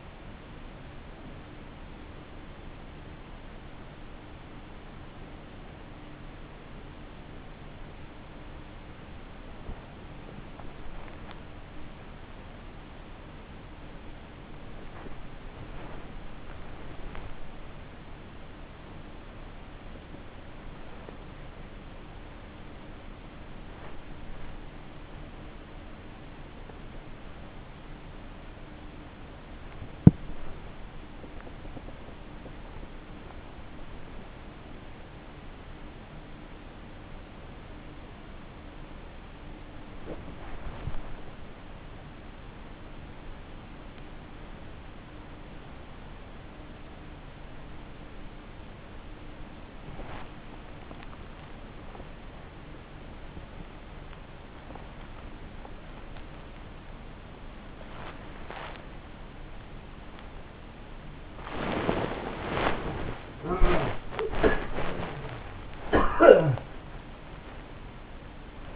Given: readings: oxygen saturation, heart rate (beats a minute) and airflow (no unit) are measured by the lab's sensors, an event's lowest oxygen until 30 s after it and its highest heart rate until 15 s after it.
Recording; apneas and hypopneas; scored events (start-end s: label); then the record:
a person awake in a sleep study, by a voice recorder at the bedside; none
0.00-68.76 s: awake
From the record:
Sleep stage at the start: awake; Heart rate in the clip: 63 to 75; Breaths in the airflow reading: 26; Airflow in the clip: -0.8 to 0.9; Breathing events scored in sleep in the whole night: 304 in 5.6 hours asleep